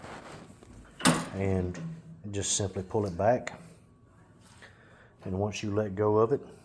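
Someone talks while pulling back the blade engagement control lock on the handle of a Toro TurfMaster HDX 30 walk-behind lawn mower and letting go of it. Only handling sounds are heard, and the lock has not yet snapped into place or clicked.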